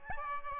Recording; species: mosquito wingbeat signal from an infrared sensor; Aedes albopictus